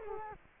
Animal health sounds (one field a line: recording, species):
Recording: mosquito wingbeat signal from an infrared sensor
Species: Culex quinquefasciatus